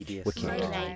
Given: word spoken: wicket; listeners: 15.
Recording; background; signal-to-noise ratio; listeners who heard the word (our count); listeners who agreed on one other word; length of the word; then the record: one English word in noise, from a listening test; four-talker babble; -2.2 dB; 1 of 15; 9 of 15; 0.56 s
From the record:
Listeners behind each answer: 9, 2, 1, 1, 1, 1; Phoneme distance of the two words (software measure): 10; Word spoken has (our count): 2 syllables, 5 phonemes, stress on syllable 1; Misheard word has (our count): 2 syllables, 5 phonemes, stress on syllable 1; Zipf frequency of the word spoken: 3.60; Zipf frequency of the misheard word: 4.16